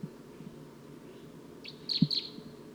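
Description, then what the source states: Crossbill calls: three short, sharp, high chip notes in quick succession near the end, over a low steady hum and one soft thump. Wild crossbill perched in a dead tree just beyond a net, giving a V-shaped call.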